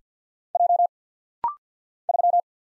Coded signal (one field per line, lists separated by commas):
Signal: Morse code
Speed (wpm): 48 wpm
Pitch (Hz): 700 Hz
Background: none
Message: J 3